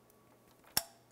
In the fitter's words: you hear our audible click and it'll be locked in place